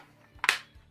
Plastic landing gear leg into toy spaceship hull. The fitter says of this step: makes a crazy sound too so you feel like you're going to break something snap it them in place